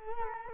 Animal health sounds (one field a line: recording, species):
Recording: mosquito wingbeat signal from an infrared sensor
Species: Culex quinquefasciatus